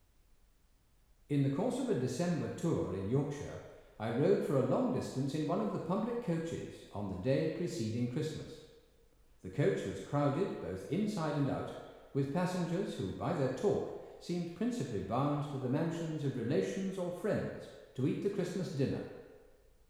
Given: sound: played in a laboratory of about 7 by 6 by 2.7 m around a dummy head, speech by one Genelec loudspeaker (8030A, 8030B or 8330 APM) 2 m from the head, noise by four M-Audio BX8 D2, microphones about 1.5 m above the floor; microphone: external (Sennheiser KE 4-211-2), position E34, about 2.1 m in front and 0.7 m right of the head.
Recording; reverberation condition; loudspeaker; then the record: male speech in English; high; 30 degrees to the right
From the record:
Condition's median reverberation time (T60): about 1300 ms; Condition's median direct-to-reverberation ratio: about -4.0 dB